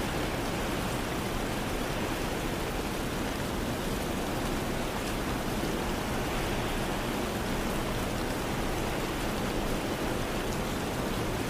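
Rain falls steadily and densely, a constant wash of hiss with no gaps or letup across the whole stretch. The sound is full, spread from a low rumble up to a bright sizzle, with faint scattered patters of individual drops.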